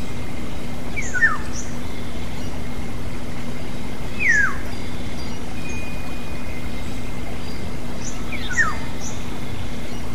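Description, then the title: Black-naped oriole giving a brief falling, slurred note three times, a few seconds apart, over faint high chirping and a steady background hum. "kepodang"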